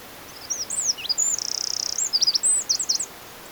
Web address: SETE data Troglodytes troglodytes